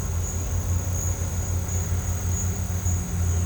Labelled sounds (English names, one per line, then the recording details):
none
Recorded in pastures near Puerto Asís, Putumayo, Colombia, on 18 December 2024 at 12:00
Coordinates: 0.466, -76.322
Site G040